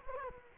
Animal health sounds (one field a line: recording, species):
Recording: mosquito wingbeat signal from an infrared sensor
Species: Culex quinquefasciatus